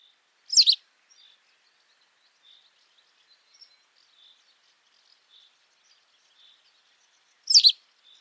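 Bird calls: two sharp, high notes about seven seconds apart, with faint soft chirps scattered between them.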